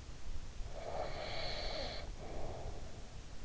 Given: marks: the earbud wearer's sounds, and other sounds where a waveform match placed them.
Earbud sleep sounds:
sounds in sleep by an in-ear microphone; breath
0.32-3.15 s: breath

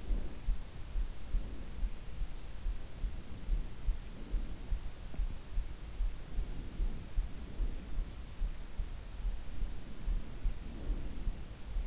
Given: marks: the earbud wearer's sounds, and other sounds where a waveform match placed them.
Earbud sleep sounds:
sounds in sleep by an in-ear microphone; breath
0.00-1.80 s: breath
3.04-4.73 s: breath
6.19-8.40 s: breath
9.57-11.87 s: breath

